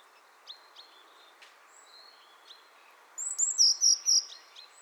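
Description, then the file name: Eurasian blue tit: scattered faint chirps at first, then a bright phrase of high thin notes dropping into a brisk run of repeated lower notes near the end. "Cyanistes caeruleus"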